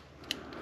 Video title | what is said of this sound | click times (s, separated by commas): 45 minutes of FAILURE! Camaro wiring and Blazer tailgate glass both BOMB! | There snapped into place. Good to go. | 0.3 s